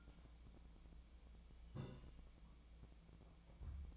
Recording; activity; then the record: daily activity, microphone in the room; take from stove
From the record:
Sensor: 1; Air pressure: 1009.9 hPa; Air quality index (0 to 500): 188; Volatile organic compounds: 17 ppm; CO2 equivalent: 2575 ppm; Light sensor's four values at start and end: 38/96/40/49 and 37/95/40/49